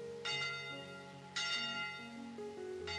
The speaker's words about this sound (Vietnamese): Khi đi xin ăn trước căn nhà lạ, tôi nghe tiếng chuông từ đằng xa vọng lại.